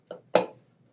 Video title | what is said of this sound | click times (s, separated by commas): Security Box Servicing | you hear a little click it should move very easily and | 0.4 s